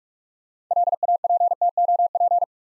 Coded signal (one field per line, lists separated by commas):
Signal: Morse code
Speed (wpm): 44 wpm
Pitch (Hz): 700 Hz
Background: none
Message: LAPTOP